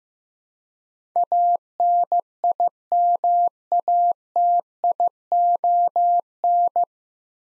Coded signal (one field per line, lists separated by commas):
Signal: Morse code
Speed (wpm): 15 wpm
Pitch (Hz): 700 Hz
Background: none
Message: ANIMATION